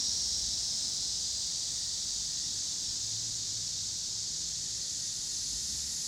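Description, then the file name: Cicadas droning in a constant high electric buzz, with faint low traffic rumble in the background. Cicadas recorded with passing cars in Pittsburgh, Pennsylvania, on 26 August 2023. "cicadas and cars Pittsburgh PA"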